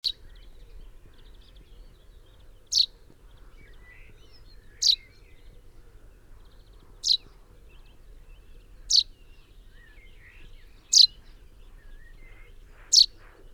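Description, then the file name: Chaffinch repeating a sharp, high call note about every two seconds, six or seven times, with scattered faint twittering of other birds behind. "Fringilla coelebs 180724"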